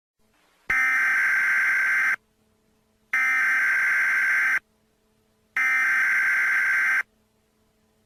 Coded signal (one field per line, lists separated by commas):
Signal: Emergency Alert System (SAME) tones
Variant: header bursts